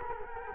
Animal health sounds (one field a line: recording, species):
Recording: mosquito wingbeat signal from an infrared sensor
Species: Culex quinquefasciatus